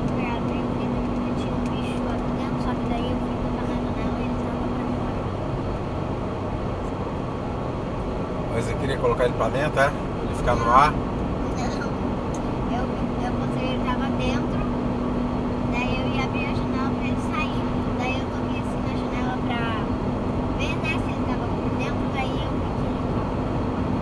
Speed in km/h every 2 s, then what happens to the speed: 92, 92, 91, 89, 87, 90, 91, 93, 94, 95, 95, 96.
0-24 steady at about 92.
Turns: none.